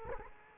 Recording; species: mosquito wingbeat signal from an infrared sensor; Culex quinquefasciatus